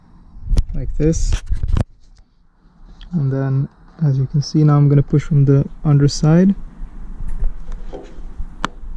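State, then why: Seated. While refitting parts after an air filter change on a Honda CBR650R motorcycle, someone talks while pushing the seal over the ignition as far down as possible, then presses it from the underside. The seal seats with a sharp click at 8.7 s, locking it into place.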